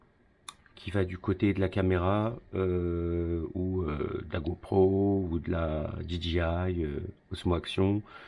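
A wireless lavalier microphone's receiver box is clipped onto its camera mount, giving a sharp plastic click at 0.5 s as it seats into place. Someone then talks for the rest of the clip.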